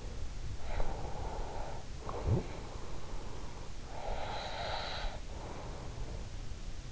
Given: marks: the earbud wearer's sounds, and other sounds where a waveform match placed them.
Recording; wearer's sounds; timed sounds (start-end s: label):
sounds in sleep by an in-ear microphone; breath
0.25-2.82 s: breath
3.33-5.68 s: breath